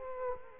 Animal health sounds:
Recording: mosquito wingbeat signal from an infrared sensor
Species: Culex quinquefasciatus

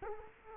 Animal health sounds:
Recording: mosquito wingbeat signal from an infrared sensor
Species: Culex quinquefasciatus

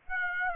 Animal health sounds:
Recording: mosquito wingbeat signal from an infrared sensor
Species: Aedes aegypti

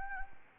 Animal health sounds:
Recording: mosquito wingbeat signal from an infrared sensor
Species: Anopheles arabiensis

